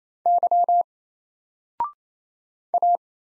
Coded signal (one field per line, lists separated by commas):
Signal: Morse code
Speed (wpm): 27 wpm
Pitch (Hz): 700 Hz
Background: none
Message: Y A